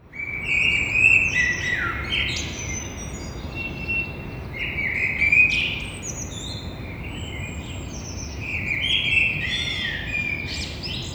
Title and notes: Un beau jour, un merle noir, côté rue. Entre mes deux fenêtres Un merle noir toulousain et matinal. jeudi 09 avril 6:30 Toulouse - Grand Rond Contributeur : Stéphane Marin